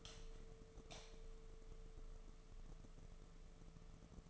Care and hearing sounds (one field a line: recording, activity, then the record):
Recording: daily activity, microphone in the room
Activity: light on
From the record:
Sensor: 4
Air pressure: 1015.6 hPa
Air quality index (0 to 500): 182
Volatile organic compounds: 8 ppm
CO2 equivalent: 2098 ppm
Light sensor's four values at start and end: 22/53/23/24 and 23/57/24/26